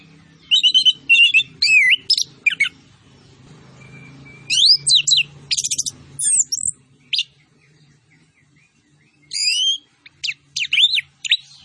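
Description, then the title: Orange-headed thrush song: quick bursts of varied, sweeping high whistles and trills in clustered phrases with short pauses, a thin steady whistle between bursts, faint low hum underneath. Actively singing (gacor) bird with full fill-in phrases, including cililin-style shots. "Anis Kembang Gacor. MASTERAN ANIS KEMBANG ISIAN FULL DENGAN TEMBAKAN CILILIN"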